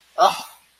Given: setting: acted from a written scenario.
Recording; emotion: vocal sound without words; negative surprise